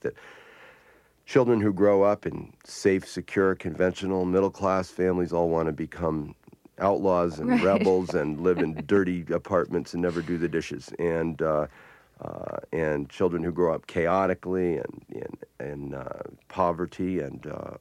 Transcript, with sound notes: I think that children who grow up in safe, secure, conventional middle-class families all want to become outlaws and rebels...
Right. (laughs)
... and live in dirty apartments and never do the dishes. And children who grow up chaotically in poverty and